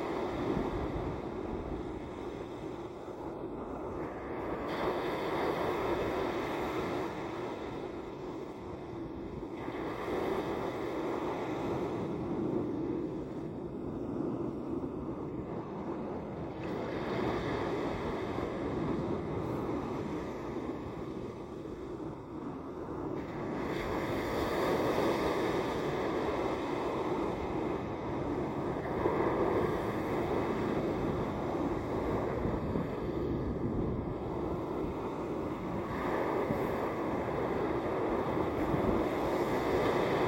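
Ocean surf rolls in at Atlantic Beach, North Carolina, a thick, steady roar weighted toward the low and middle range. Brighter swells of wash rise every few seconds, strongest around 5, 10, 24 and 36 seconds, with wind rumbling underneath throughout.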